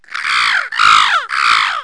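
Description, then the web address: Bird giving three loud, harsh, raspy calls in quick succession, each one sliding downward in pitch, with no other sounds. "K CD 9 98. bird 06"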